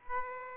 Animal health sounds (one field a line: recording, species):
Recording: mosquito wingbeat signal from an infrared sensor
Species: Aedes aegypti